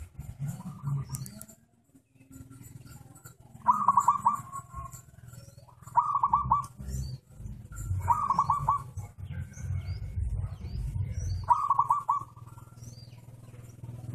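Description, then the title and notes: Zebra dove cooing song, brief trilled phrases returning about every two to three seconds, with a constant low droning background noise. Compilation of zebra dove songs, usable for training (mastering) other caged birds. "Kupulan Burung Perkutut. burung perkutut yang bisa digunakan untuk memaster"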